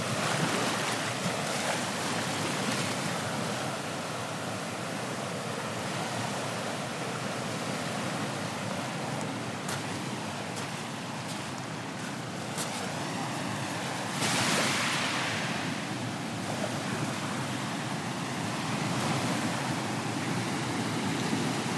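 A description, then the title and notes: Slowly breaking waves on Hermosa Beach roll in as a thick, continuous hiss and rumble. The surf holds fairly steady, with a brighter, louder crash around the fourteen-second mark, then settles back to a constant wash with a gentler swell near the end. Slowly breaking waves on Hermosa Beach on the west coast of Costa Rica. Recorded by Marcel Gnauk.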